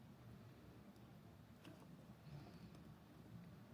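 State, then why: Not seated. A plastic part of an Agaro electric spin mop is handled and pushed toward the mop body during assembly, over a steady low rumble with a faint brief tick near 1.6 s. Nothing has snapped or seated into place yet.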